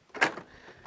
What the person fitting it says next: clicks into place